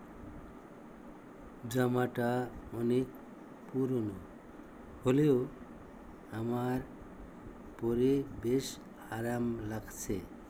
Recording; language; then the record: elicited speech; Bengali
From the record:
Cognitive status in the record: dementia